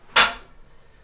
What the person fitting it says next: It clicks into place. And so now we're back into place, and so we should be good.